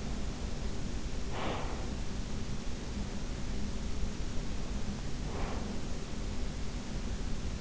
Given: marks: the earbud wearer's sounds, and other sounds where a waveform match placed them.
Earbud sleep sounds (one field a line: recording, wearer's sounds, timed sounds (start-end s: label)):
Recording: sounds in sleep by an in-ear microphone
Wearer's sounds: breath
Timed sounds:
1.06-2.14 s: breath
5.24-6.60 s: breath